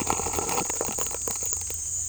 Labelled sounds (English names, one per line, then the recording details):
none
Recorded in secondary vegetation near Puerto Asís, Putumayo, Colombia, on 18 December 2024 at 16:30
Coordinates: 0.481, -76.318
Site G042